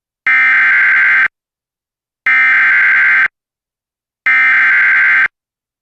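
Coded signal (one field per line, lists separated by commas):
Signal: Emergency Alert System (SAME) tones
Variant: header bursts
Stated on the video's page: Severe weather alert audio relayed from a monitored EAS relay network during a live stream.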